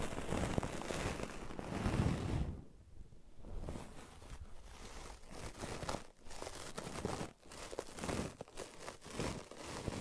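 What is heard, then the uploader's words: Brushing and scratching fills the space with dense, crackly rustle that covers everything from low to bright. Around two seconds a heavier, lower scrub builds, then quiets briefly before scratching resumes in uneven strokes, broken by several short pauses near six and seven seconds. ASMR Brushing and Scratching You to Sleep (No Talking).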